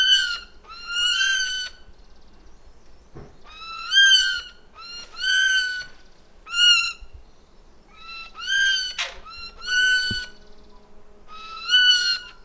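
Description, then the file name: Eurasian jay giving repeated nasal, mewing calls, each a short harmonic-rich note that bends up and down, delivered in clustered bursts; a quiet background otherwise. "Garrulus glandarius"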